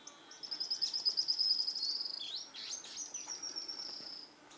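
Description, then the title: Araucaria tit-spinetail giving a quick high trill followed by scratchy notes. "LuckyPassaro Completos2Sama. Araucaria Tit-Spinetail (Leptasthenura setaria)"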